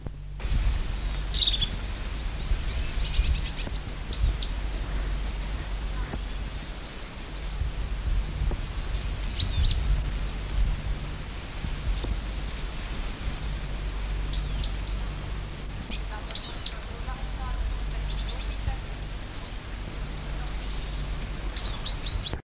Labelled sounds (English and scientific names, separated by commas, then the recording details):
European Crested Tit (Lophophanes cristatus)
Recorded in the wild
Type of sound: threatening call
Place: Helstorfer Moor, Niedersachsen, DE
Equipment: Halbspur, 9,5 cm/s
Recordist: Lütgens, Hans
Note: Drohruf